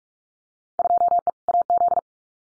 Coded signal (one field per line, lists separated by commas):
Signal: Morse code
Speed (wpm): 44 wpm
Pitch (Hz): 700 Hz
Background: none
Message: 2E AZ